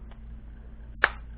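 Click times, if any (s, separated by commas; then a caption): 1.0 s. A second 3D printed plastic sun shade panel for the DJI Mini 2, Air 2 and Air 2S is snapped onto its mating shade panel the same way as the first. A faint tick sounds at 0.1 s, then one sharp, bright snap at 1.0 s as the panel seats, over a low steady hum.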